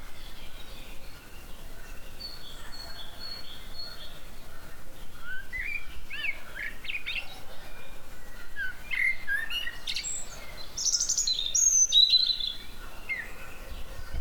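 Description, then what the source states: Birds chirping in a loose mix of short high notes and brief whistles, sparse at first and busier in the second half, over a steady low background rumble. Recorded in the spring season.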